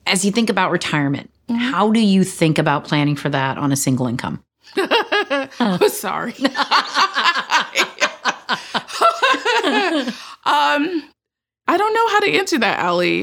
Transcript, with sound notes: As you think about retirement, how do you think about planning for that on a single income? [LAUGHTER]
[LAUGHS] I don't know how to answer that, Ally.